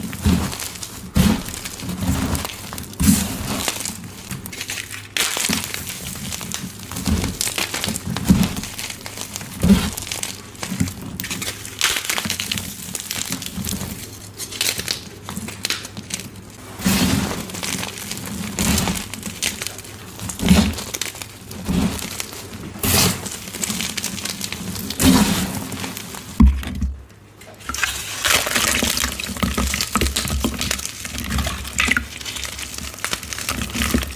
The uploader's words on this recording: Dyed Chalk Bombs Overload! Crushing dyed gym chalk blocks, carved chalk bombs, confetti explosion, glitter overload, cornstarch crunchies.